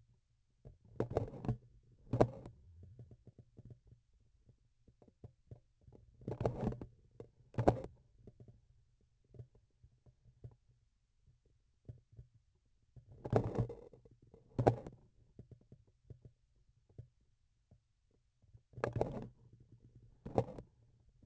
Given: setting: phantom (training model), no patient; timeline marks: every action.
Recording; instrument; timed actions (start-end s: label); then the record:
laparoscopic instrument, vibration sensor on the handle end; grasping forceps
0.81-1.64 s: forceps opening
1.96-2.65 s: forceps closing
6.13-6.96 s: forceps opening
7.43-8.01 s: forceps closing
12.90-14.12 s: forceps opening
14.31-15.12 s: forceps closing
18.69-19.36 s: forceps opening
20.18-20.71 s: forceps closing
From the record:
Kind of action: tool actuation without material contact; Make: other than Olympus